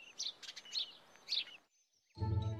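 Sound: sparrow chirping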